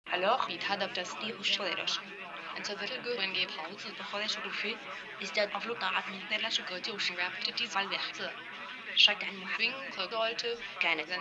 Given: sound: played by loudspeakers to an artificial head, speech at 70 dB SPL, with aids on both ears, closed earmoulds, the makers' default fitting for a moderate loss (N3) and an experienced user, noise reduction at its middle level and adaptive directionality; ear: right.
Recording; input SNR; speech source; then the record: speech test signal (ISTS) in cocktail-party noise; 0 dB; on the right (90 degrees)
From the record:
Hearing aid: class 1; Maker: F